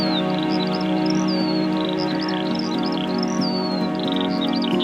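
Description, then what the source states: Skylark song: quick chirping notes and long downward-sliding whistles, continuous over a sustained electronic drone. Skylark descending from the sky; inspired by a day on an Iron Age hillfort in Dorset, UK.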